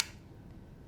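A memory card compartment door on a Canon C100 camera body is lifted at the arrow, and its latch clicks open with one sharp, bright click at 0.0 s. A low, steady background hum follows for the rest of the second. The door is released.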